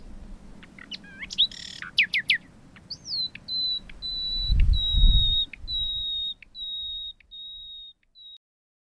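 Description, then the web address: Common nightingale song opening with sharp clicks and rapid notes, then a series of sustained pure whistles, with low rumbling noise behind. "agykontroll Madardalok Cd 2. Fülemüle"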